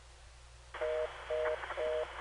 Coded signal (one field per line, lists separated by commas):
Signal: telephone call progress tone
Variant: North America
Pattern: reorder tone